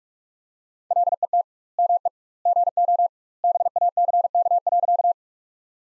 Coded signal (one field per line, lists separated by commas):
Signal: Morse code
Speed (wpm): 46 wpm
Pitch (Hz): 700 Hz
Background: none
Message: LET ME GO BACK.